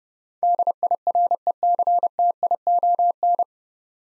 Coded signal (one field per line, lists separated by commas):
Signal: Morse code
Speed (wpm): 30 wpm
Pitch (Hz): 700 Hz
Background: none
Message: DIRECTION